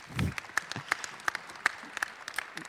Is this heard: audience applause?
yes